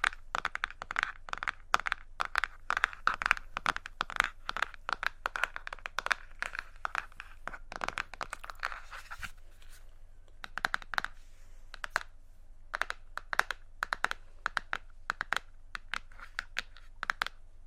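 Quick tapping on assorted objects, sharp clicky taps coming in dense, irregular bursts much like fast typing. The tapping thins out briefly around the ninth to eleventh second, then picks up again at a steady clip. A low hum sits underneath throughout.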